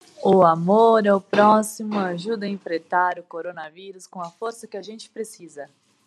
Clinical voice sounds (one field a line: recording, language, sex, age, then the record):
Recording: spoken sentence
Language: Brazilian Portuguese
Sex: female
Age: 30 to 39 years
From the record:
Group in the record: control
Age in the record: 32 years